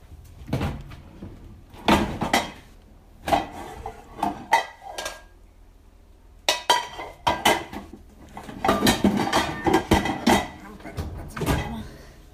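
A large frying pan is pulled from a cupboard while cooking steaks, amid a series of loud metallic clanks and knocks, coming in irregular bursts as cookware shifts and bumps together.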